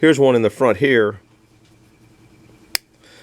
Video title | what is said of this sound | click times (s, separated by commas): HAPPY THANKSGIVING & Oiling motors # 1349 | there's also one I don't think you're going to be able to see it in this front here you can hear it click | 2.8 s